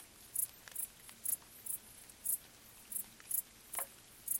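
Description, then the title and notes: Crickets give bright, high chirps in a run, while light rain patters in the background. Crickets stridulating late at night in gentle summer rain on vegetation, along an abandoned railway track in Bad Boll, Baden-Württemberg; nearby village silent. "Crickets in gentle summer rain. Bad Boll, Baden-Württemberg. Recorded by Colin Hunter"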